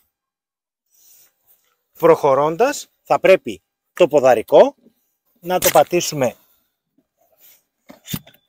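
Someone talks while handling a car seat base whose support leg is to be pressed down against the vehicle floor, with faint handling noises near the end. The leg has not yet reached the floor and nothing has clicked or seated.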